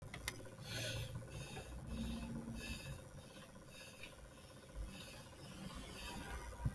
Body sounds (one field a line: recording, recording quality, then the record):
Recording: shallow breathing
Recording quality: excellent, no background noise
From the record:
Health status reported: healthy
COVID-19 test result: not tested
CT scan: not taken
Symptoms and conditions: cough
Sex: male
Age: 28 years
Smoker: no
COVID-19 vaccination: none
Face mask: not worn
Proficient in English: yes